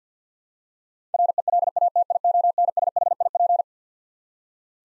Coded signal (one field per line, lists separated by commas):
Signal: Morse code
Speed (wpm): 50 wpm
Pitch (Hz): 700 Hz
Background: none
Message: RELATIONSHIP